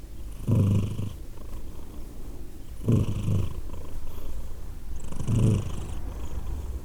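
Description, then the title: Cat purr, deep and throbbing, with three strong pulses at roughly two-and-a-half-second spacing over a steady soft rumble. Cat named Edith, purring, Glasgow, Scotland, December 2023. "Edith purring, Glasgow, Scotland in December 2023 – by Steve Urquhart"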